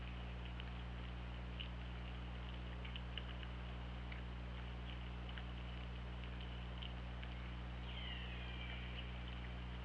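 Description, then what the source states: Killer whale call, a single descending, harmonic-rich sweep near the end, preceded by sparse sharp clicks against a constant low underwater drone. Recorded on the OrcaLab hydrophone, 24 August 2017, around 20:52.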